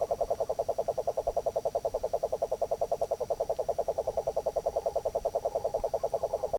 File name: Rhinella Marina Is Calling